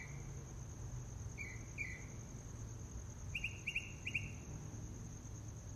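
Mockingbird song: a few downslurred notes, then a rapid triple burst of chattering notes, over a continuous shrill insect hum.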